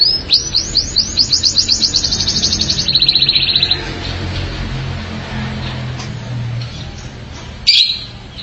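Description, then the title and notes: Canary song: a fast, even, buzzy trill held high for about two and a half seconds, then dropping to a lower rapid trill, followed by quieter sparse notes and one sharp chip near the end. "BM Suara Kenari. BM Suara Burung Kenari"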